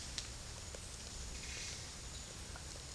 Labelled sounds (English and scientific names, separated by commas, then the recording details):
none
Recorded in dense forest near Puerto Asís, Putumayo, Colombia, on 21 March 2025 at 12:00
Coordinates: 0.484, -76.317
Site G064